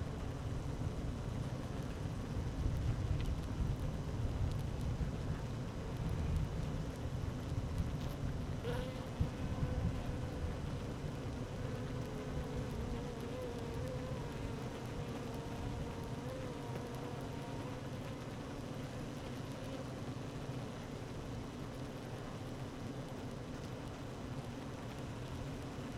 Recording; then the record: honeybee colony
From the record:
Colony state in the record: active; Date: 12 June 2018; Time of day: 12:27